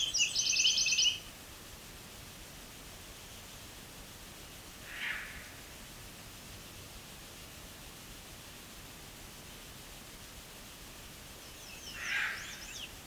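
Birds sing at an unhurried pace in the quiet of Bruce Peninsula National Park, Ontario. A bright, rapid trill opens the first second, then two short calls come around five and twelve seconds, one with a faint trill, over a steady soft hiss.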